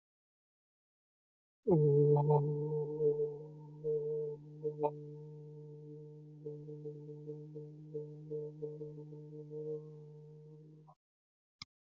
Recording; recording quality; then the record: sustained vowel as in boot; excellent, no background noise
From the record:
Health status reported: healthy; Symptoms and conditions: none ticked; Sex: male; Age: 32 years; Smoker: not ticked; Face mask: not worn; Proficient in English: yes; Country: India